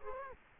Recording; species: mosquito wingbeat signal from an infrared sensor; Culex quinquefasciatus